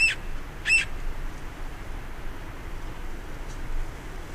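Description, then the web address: Red-naped sapsucker calls: two short nasal squeals in the first second, followed by faint background hiss. "Know Your Bird Sounds Common Western Species. Red-naped Sapsucker"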